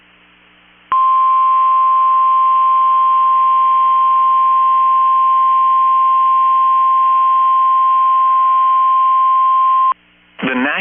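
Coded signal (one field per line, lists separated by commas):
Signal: Emergency Alert System (SAME) tones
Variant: 1050 Hz attention tone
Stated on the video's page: Required Weekly Test from a NOAA Weather Radio station.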